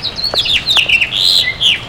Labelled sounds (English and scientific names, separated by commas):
House Finch (Haemorhous mexicanus) song